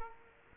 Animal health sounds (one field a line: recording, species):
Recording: mosquito wingbeat signal from an infrared sensor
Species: Culex quinquefasciatus